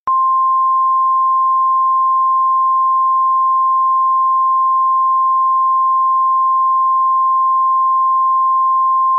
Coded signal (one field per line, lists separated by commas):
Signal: Emergency Alert System (SAME) tones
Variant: 1050 Hz attention tone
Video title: EAS Scenario PRT 3 Impacts CA